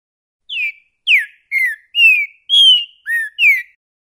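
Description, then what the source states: Green-winged saltator song, a run of seven clear whistled notes, mostly falling slurs with one low note, delivered about every half second. Repetidor (repeating) song type, noted as 'tint ting'.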